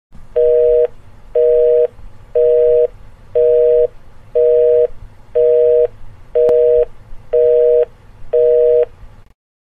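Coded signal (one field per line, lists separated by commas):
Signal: telephone call progress tone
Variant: North America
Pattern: busy tone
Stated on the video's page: Telephone busy signal repeating seven or eight times, recorded from a desktop speaker.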